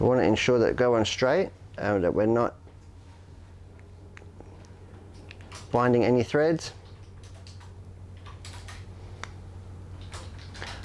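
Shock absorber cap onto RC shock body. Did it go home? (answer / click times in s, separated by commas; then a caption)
yes / 9.2 s. A threaded plastic cap is wound by hand onto the metal body of an RC car shock absorber, kept straight so the threads do not bind. Someone talks, then faint scraping and ticking follow. A small click at 9.2 s marks the cap seating.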